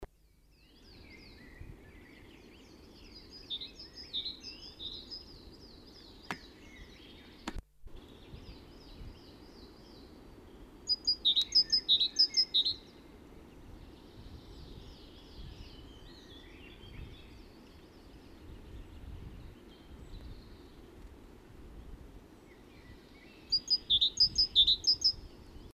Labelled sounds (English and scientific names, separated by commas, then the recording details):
Great Tit (Parus major) song, Coal Tit (Periparus ater), Common Blackbird (Turdus merula)
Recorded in the wild
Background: Periparus ater, Turdus merula
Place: St. Martin, Appenzeller Land, Rheinland-Pfalz, DE
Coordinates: 49.3004, 8.1015
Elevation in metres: 241
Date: 1976-04-20
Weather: strong wind
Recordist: Tretzel, Erwin
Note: St. Martin: Gesang "zizidede"